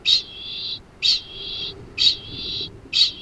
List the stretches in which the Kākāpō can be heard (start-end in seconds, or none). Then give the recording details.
0.00-3.17. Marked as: faintness 2/5. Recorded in New Zealand. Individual Arab